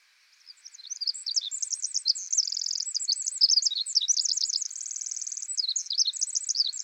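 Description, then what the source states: Pacific wren singing a long, fast cascade of high, jumbled twittering notes with brief buzzy trills mixed in, flowing without a pause. Very loud, lively and incessantly vocal, with unique vocalizations.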